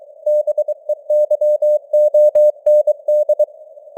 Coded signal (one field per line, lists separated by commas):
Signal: Morse code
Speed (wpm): 23 wpm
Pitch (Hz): 600 Hz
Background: none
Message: BEYOND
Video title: Morse Code News | 2025-09-27 | 23wpm